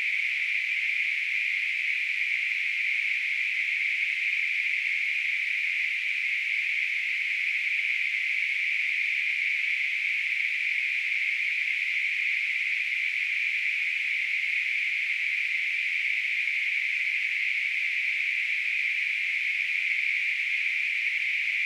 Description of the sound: Tinnitus.